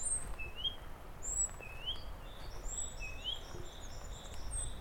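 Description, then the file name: Great tit repeating high notes and upslurred whistles, with a soft run of short notes over low rumbling noise. "Parus major"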